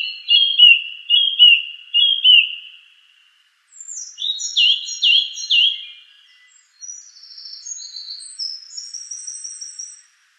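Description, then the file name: Song thrush singing in repeated sets: a whistled phrase three times, a pause, a sharper phrase three times, then thin high notes. "suara-kicauan-burung-song-thrush 7-omkicau"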